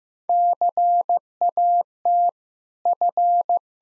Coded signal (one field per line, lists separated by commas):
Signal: Morse code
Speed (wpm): 15 wpm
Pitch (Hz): 700 Hz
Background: none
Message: CAT F